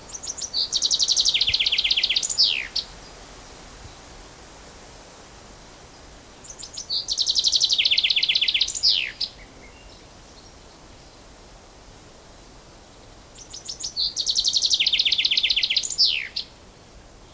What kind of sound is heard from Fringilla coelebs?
song